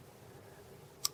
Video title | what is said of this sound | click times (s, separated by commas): Orange Para Military 2 - Knife Review | and that just pops right into that hole right there so that's really cool | 1.1 s